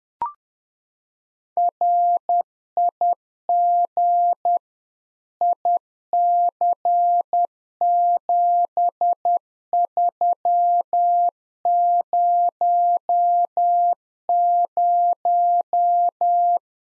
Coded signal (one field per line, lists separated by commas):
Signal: Morse code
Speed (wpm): 10 wpm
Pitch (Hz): 700 Hz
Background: none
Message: RIG IC7300